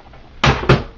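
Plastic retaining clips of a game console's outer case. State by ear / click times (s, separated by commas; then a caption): released / 0.4 s, 0.7 s. During disassembly of a PS3 for a YLOD fix, its plastic outer case is pried apart and the retaining clips release. Two loud, sharp snaps ring out at 0.4 s and 0.7 s over a quiet background. The clips are released and the case comes open.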